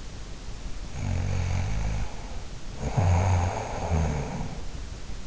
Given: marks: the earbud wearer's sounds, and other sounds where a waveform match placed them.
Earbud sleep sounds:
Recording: sounds in sleep by an in-ear microphone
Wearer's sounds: snoring breath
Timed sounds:
0.53-5.18 s: snoring breath

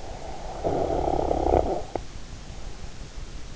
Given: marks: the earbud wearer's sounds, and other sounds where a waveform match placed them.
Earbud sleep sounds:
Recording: sounds in sleep by an in-ear microphone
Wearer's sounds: snoring breath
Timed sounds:
0.25-3.02 s: snoring breath

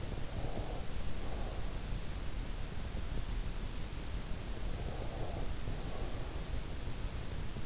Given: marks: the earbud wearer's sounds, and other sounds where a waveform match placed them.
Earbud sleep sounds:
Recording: sounds in sleep by an in-ear microphone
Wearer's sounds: breath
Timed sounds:
0.00-2.03 s: breath
4.59-6.57 s: breath

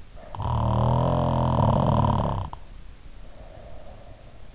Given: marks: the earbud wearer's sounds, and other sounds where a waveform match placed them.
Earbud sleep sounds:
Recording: sounds in sleep by an in-ear microphone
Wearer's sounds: snoring breath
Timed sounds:
0.37-4.31 s: snoring breath

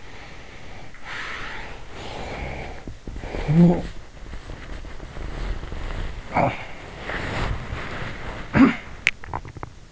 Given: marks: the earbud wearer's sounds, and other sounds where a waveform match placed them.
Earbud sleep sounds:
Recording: sounds in sleep by an in-ear microphone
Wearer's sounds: breath, snoring breath, talking in sleep, body movement, cough or throat clearing or sniffle, teeth grinding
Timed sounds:
0.00-1.94 s: breath
1.99-4.11 s: snoring breath
3.47-3.92 s: talking in sleep
4.11-9.19 s: body movement
6.29-6.67 s: cough or throat clearing or sniffle
8.47-8.93 s: cough or throat clearing or sniffle
9.01-9.75 s: teeth grinding

